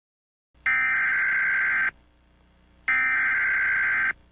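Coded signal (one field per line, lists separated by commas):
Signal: Emergency Alert System (SAME) tones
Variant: header bursts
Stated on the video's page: Fictional EAS scenario themed on The Powerpuff Girls.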